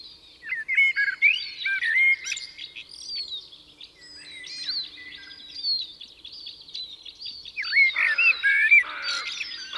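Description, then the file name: Common blackbird giving fluted phrases amid a busy chorus of other high-pitched songbirds chirping and trilling throughout. "Turdus merula"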